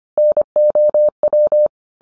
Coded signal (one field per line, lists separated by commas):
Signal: Morse code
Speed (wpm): 25 wpm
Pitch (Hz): 600 Hz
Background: none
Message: NOW